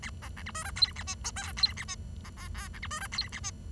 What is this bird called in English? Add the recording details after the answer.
Bengalese Finch. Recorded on 23 June 2012 at 09:42. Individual gr41rd51